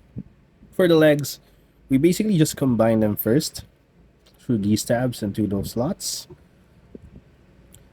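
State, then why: Not seated. Someone talks while pushing the tabs on one plastic leg of an Age of the Primes Aerialbot Skydive transforming robot toy toward the slots on the other leg, with faint small clicks near 0.2, 7.0 and 7.8 seconds. The legs fail to connect, and nothing has seated or clicked into place yet.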